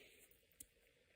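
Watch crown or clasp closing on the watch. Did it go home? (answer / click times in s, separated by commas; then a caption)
yes / 0.6 s. A metal Rotary Regent integrated sports watch, Royal Oak-inspired, is handled, and either its crown is pushed back in or its clasp folds shut (it is not clear which). Over a faint steady hiss, a single sharp click sounds at 0.6 s as the part clicks down into place.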